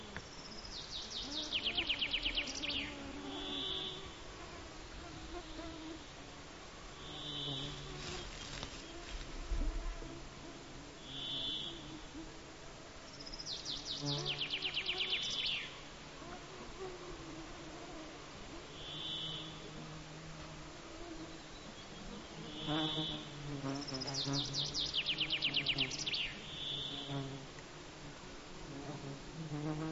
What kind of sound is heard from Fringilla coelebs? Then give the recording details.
song. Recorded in the wild. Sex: male. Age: adult. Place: Halbinsel Kindo, Karelien, RU. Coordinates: 66.5469, 33.13. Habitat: taiga. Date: 1995-06-23 22:04. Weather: fair, no wind, 20°C. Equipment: Sony TCD-D3, Sennheiser MKH 70, Windkorb. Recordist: Frommolt, Karl-Heinz. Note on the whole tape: Eremejew-Bucht (Ostseite): Gesang von 2 Männchen. Entfernung 80 m bzw. 20 m. Kiefernbestand mit Espen